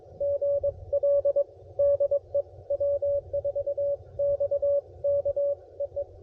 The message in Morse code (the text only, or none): GL DE W4XK EE